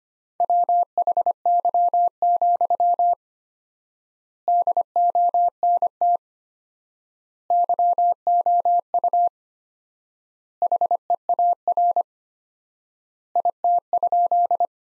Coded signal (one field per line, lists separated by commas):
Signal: Morse code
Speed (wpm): 25 wpm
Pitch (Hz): 700 Hz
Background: none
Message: WHY, DONT YOU HEAR IT?